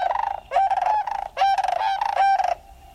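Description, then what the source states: Sandhill crane calls, rolling rattled bugling notes in several bursts, resonant and steady in pitch, over a quiet background. Courting pair dancing at sunrise in late February, as days lengthen into spring; pairs remain together for life.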